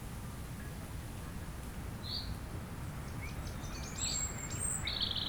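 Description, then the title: European robin song: a lone thin note, then a tumbling run of high tinkling and sustained whistled notes near the end, against background wind noise. Chindrieux, France; sunny sloping lawn at Châtillon beach, sheltered from the north wind; robin singing not far away; wind murmuring in the trees. "Chem. des Rubellines, Chindrieux, France - rouge gorge"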